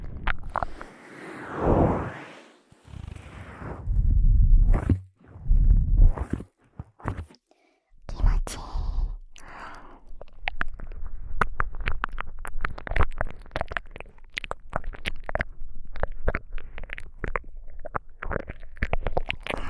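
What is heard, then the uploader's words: Ear-eating sounds, first slow breathy whooshes and low muffled rumbles with pauses, then from about nine seconds dense, rapid wet clicks. ASMR Halloween Ear Eating.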